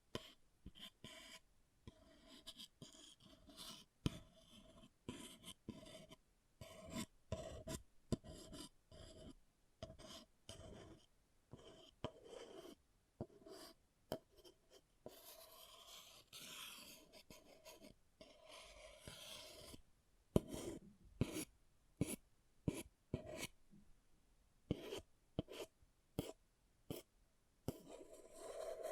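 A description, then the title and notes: An object scratches and scrapes against a surface in short, sharp strokes repeated in quick, uneven bursts throughout. The rasping is bright and gritty, with a denser, rubbing stretch around the middle, then crisper separate scratches toward the end. ASMR Brain Melting Object Scratching (No Talking).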